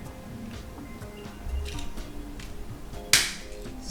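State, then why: Seated. After a new coin battery goes into a Toyota key fob, the two plastic halves of its shell are lined up and pressed together. They snap back into place with one sharp, bright click at 3.1 seconds over quiet background noise, and the shell is closed.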